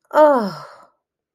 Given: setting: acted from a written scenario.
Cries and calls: vocal sound without words; relief

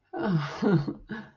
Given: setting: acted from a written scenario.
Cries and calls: vocal sound without words; romantic love

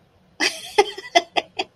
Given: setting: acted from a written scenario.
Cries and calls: vocal sound without words; amusement

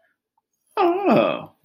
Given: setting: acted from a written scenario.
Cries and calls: vocal sound without words; sympathy

